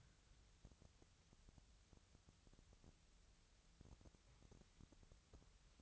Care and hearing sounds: daily activity, microphone in the room; wipe stove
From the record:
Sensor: 3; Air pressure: 1001.6 hPa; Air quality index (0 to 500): 223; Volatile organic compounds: 30 ppm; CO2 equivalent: 2961 ppm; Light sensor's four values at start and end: 11/33/14/12 and 10/33/14/12

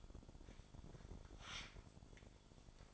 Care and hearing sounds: daily activity, microphone in the room; take from stove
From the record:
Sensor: 5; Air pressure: 1008.1 hPa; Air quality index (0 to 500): 114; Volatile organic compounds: 1 ppm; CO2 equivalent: 882 ppm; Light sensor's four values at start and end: 28/59/26/27 and 28/62/26/26

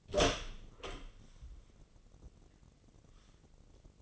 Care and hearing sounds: daily activity, microphone in the room; open door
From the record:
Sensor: 4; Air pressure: 1013.2 hPa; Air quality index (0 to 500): 177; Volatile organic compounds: 2 ppm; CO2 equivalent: 1113 ppm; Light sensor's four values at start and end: 70/171/72/72 and 91/227/94/100

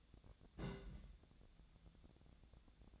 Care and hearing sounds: daily activity, microphone in the room; place on stove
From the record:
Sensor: 3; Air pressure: 1000.0 hPa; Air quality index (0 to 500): 127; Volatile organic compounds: 2 ppm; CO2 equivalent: 1136 ppm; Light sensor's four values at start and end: 41/104/45/49 and 41/104/45/49

